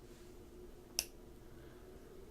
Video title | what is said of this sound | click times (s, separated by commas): A-VapnFagan Reviews Herakles | right now it's snapped into place and now what you can do is you can fill this tank up all | 1.0 s